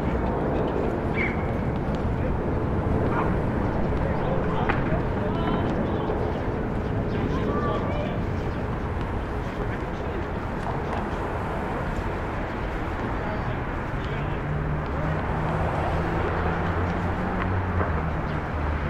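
A rooftop on Starr Street in Brooklyn carries a steady, dense city roar, heavy in the lows with traffic rumbling throughout. Faint voices and brief clanks surface now and then, and from about thirteen seconds a low droning hum joins in.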